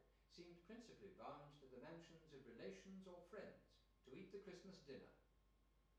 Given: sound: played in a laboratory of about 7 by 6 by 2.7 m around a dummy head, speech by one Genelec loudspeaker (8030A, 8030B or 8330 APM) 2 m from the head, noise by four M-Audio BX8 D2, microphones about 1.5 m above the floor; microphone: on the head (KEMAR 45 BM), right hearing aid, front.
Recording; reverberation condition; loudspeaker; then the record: male speech in English; medium; 120 degrees to the left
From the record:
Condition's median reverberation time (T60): about 510 ms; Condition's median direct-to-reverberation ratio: about -0.5 dB